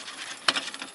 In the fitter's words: just like so it snaps right in there like that and that prevents